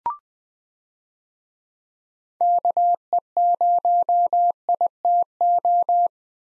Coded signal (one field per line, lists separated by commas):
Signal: Morse code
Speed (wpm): 21 wpm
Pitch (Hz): 700 Hz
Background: none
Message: KE0ITO